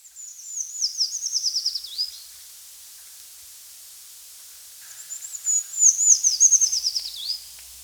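Eurasian treecreeper song: two high, thin descending phrases of quick notes, each ending in a small upward twist, separated by a few seconds of quiet.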